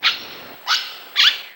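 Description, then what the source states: Bird squawks: three harsh, short calls about half a second apart, with quiet gaps between them. Amazon ambience.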